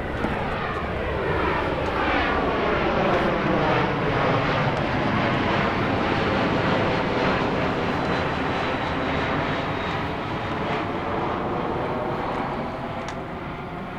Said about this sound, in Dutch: Ah, vliegtuig!